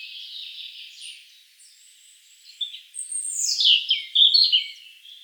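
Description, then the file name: European robin: soft high notes at the start, then a brighter phrase of a drawn-out falling whistle followed by quick, tinkling warbles. "Erithacus rubecula"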